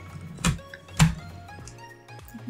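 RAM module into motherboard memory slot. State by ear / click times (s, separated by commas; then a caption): not seated / none. A RAM module, its notch lined up, is pressed down into a motherboard DIMM slot, giving two sharp knocks near 0.5 and 1.0 s and a few faint ticks over a low steady hum. Nothing has seated or clicked yet: the stick has not snapped in and must be pushed again.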